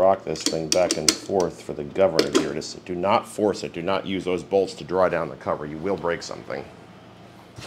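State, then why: Not seated. A sump side cover with a new gasket is rocked back and forth onto the crankcase of a Kawasaki FJ180V KAI small engine so it engages the governor, while someone talks throughout. Light metallic handling noises sit under the talking. Nothing has seated or clicked yet.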